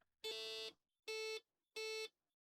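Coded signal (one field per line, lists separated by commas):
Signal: beep code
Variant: Apple II dead test ROM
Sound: a longer buzzy beep, then two shorter buzzy beeps about 0.7 seconds apart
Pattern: 1 long, 2 short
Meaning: Two beeps indicate a zero page or stack RAM error, data bit one bad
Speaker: Now we have two beeps.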